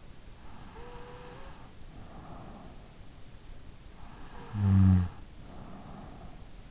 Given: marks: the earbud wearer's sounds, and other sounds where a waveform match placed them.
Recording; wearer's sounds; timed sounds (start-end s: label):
sounds in sleep by an in-ear microphone; breath, snoring breath
0.54-2.94 s: breath
3.99-6.71 s: snoring breath